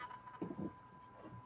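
A graphics card is handled and lined up for the motherboard PCIe slot, with soft low rustling and bumps around 0.4–0.7 s over a steady faint tone. The card has not seated and no latch click has happened yet.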